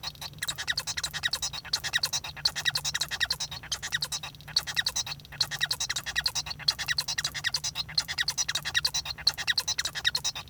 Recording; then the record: song of a male Bengalese finch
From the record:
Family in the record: son of father 1